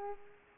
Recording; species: mosquito wingbeat signal from an infrared sensor; Culex pipiens